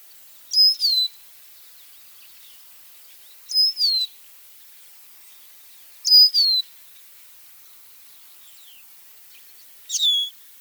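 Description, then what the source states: Lesser Goldfinch calls: four high, plaintive notes that slide downward, each a quick double note, against a quiet background. Call described as mournful-sounding, like crying.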